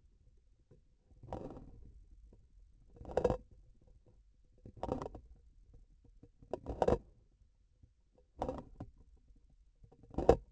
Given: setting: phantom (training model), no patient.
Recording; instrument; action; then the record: laparoscopic instrument, vibration sensor on the handle end; grasping forceps; opening and closing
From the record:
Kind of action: tool actuation without material contact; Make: Olympus